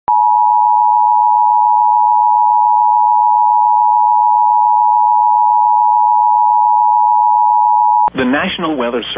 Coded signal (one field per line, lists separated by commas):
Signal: Emergency Alert System (SAME) tones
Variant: 853 and 960 Hz attention tone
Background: speech